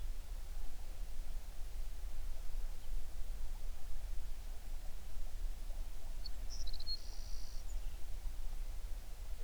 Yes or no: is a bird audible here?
yes